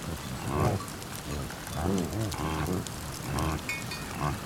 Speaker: This is from northern Lapland, Finland. These are the sounds of reindeers, a sound you very seldom hear.